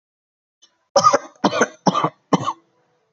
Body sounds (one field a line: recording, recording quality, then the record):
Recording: heavy voluntary cough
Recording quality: excellent, no background noise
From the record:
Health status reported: healthy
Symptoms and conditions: none ticked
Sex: male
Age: 25 years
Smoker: not ticked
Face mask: not worn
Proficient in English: yes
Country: India